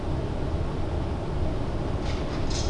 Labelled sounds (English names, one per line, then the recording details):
none
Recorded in Germany
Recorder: ecoPi